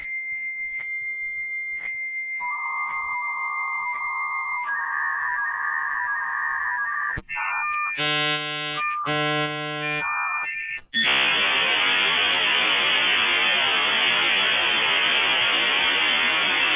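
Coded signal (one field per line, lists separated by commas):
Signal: dial-up modem handshake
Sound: steady whistling tones, a click, warbling buzzy bursts, then loud continuous hiss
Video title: Sound of the dialup modem explained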